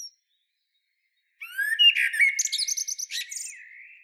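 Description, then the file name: Common blackbird phrase after a second of silence: a rising warble followed by a rapid series of thin, repeated high twitters. "Turdus merula"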